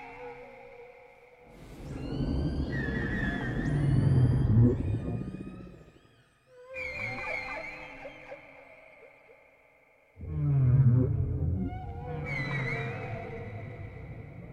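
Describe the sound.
Whale song with long tonal moans and upsweeping whistles, rising and falling, in three loud bursts separated by brief quieter gaps, over a low rumble.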